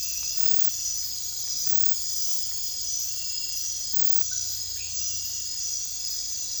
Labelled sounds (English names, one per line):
none